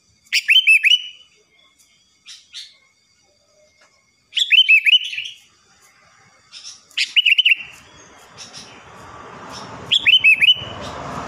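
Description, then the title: Sooty-headed bulbul giving bubbly whistled phrases in four separated bursts, the last two over a rising background hiss. "Kutilang"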